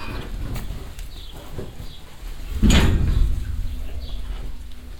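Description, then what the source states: Cow feeding noises of lapping and chewing, then a louder metallic rattle of the trough near the middle, over a low continuous hum. Many cows standing close together at a trough in a cowshed in the evening, Wahlhausen; mouths and tongues heard, with metallic rattling of the trough as the cows move.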